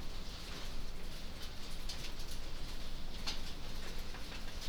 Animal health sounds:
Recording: poultry house recording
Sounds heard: no chicken sound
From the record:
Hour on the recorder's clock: 21

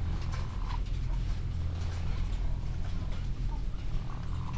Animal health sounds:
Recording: poultry house recording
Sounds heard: sick chickens (respiratory disease)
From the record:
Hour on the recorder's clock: 17

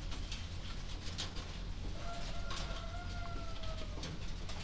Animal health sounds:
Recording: poultry house recording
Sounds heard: healthy chickens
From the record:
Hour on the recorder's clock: 0

